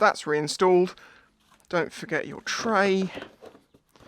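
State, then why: Not seated. Someone talks while handling the plastic tray that covers the battery bay of a Super Soco TC Max electric motorcycle, refitting it after the battery has been reinstalled. Only faint handling noises follow the talk near the end. The tray has not popped into place yet, and nothing has seated.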